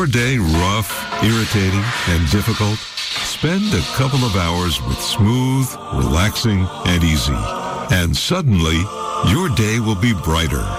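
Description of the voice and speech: A man speaks fluently in a smooth, low, relaxed announcer's voice; ordinary speech, with a steady sound bed behind.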